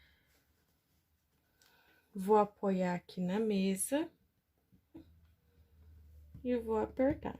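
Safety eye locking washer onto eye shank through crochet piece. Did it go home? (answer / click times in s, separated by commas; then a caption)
no / none. A locking washer is placed on the shank of a plastic safety eye behind a crocheted amigurumi piece, and the piece is rested on the table before pressing. Someone talks, with a brief soft handling sound near 1.6 s and a faint low hum later on. Nothing has clicked or seated yet.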